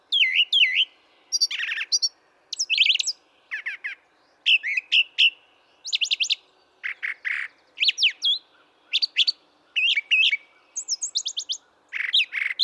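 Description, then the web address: Brown thrasher song, continuous varied phrases of sharp chirps, whistled slurs and harsh notes, many phrases doubled, in a busy, almost unbroken stream. "birdsongforthecurious Brown Thrasher"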